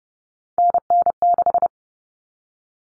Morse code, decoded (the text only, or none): NN6